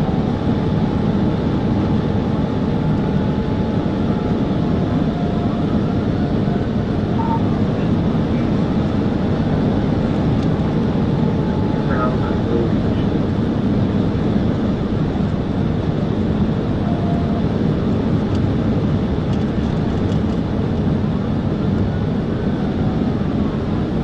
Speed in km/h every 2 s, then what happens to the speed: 204, 201, 200, 201, 203, 201, 200, 196, 196, 196, 193, 187.
0-19 steady at about 200. 19-24 slows to 187.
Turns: none.